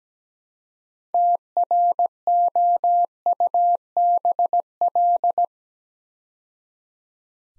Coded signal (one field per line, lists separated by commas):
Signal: Morse code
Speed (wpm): 17 wpm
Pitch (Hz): 700 Hz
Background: none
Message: TROUBL